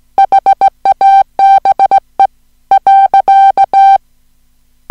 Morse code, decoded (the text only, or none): HABE.